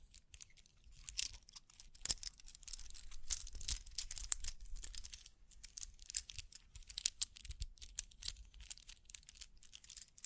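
Dense tapping, scratching and brushing with crisp crinkles, a busy run of small bright clicks and rustles that never settles. Louder bursts come around two, three to four and seven seconds, with soft low thumps underneath and a thinner patch near six seconds.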